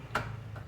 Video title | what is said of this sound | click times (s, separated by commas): 73) Cut Off Machine. ഇനി ആവിശ്യാനുസരണം ഇഷ്ടമുള്ള ആംഗിളിൽ മെറ്റൽ പൈപ്പുകൾ മുറിക്കാം. | ലോക്ക് ആയിട്ടുണ്ട് ഇത് കഴിയുമ്പോൾ നമുക്ക് ഇവിടെ സ്പാനർ ഇട്ടിട്ട് ഇത് അഴിച്ചെടുക്കാൻ പറ്റും | 0.2 s